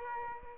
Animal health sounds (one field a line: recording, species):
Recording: mosquito wingbeat signal from an infrared sensor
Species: Aedes albopictus